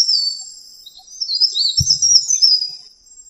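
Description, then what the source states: Mountain leaf warbler song, a rapid, very high twittering phrase of slurred notes, with a single low thump partway through and a faint steady whine. Local name cikrak daun; song style called ngeroll.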